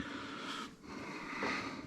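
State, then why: Not seated. A female XLR cable end is lined up by its pins and notches and handled against an overhead microphone, producing soft, breathy rustling and faint handling noise with no distinct click. Nothing has seated or clicked yet.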